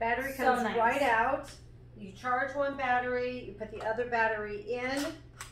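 A spare rechargeable battery pack is handled for the handle of a handheld motorized device while someone talks throughout. The pack has not seated or clicked into place yet by the end of the clip.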